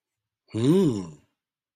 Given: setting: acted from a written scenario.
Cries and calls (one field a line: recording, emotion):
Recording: vocal sound without words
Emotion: interest